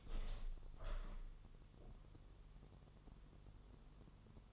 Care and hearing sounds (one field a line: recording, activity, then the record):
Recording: daily activity, microphone in the room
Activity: open window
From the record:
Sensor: 4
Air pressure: 1001.2 hPa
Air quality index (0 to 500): 166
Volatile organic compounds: 2 ppm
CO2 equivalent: 1194 ppm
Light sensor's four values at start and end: 13/29/12/12 and 13/29/12/13